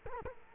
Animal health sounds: mosquito wingbeat signal from an infrared sensor; Culex quinquefasciatus

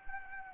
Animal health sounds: mosquito wingbeat signal from an infrared sensor; Anopheles arabiensis

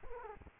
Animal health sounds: mosquito wingbeat signal from an infrared sensor; Culex quinquefasciatus

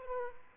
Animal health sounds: mosquito wingbeat signal from an infrared sensor; Aedes aegypti

